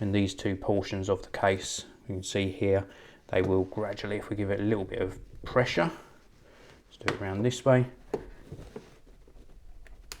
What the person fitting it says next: There we go, and it sort of snaps into place.